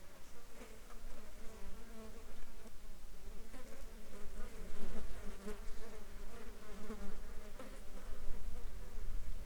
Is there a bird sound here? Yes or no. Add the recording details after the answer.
no. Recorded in the Arctic National Wildlife Refuge, Alaska, on 19 July 2021 at 12:45. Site 35